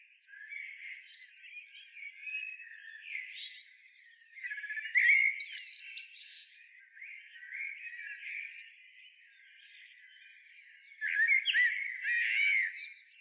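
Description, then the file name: Common blackbird singing separate phrases, each a low fluty warble with a high, scratchy twitter, with a louder phrase in the first half and another near the end. "Turdus merula"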